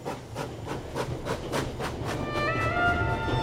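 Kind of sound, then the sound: vehicle, train running on rails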